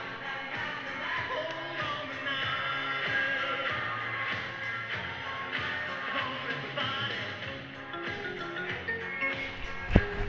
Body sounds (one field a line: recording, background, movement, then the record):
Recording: deep breathing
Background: music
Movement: sitting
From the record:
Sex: female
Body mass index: 25.5 kg/m2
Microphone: on the chest, facing the body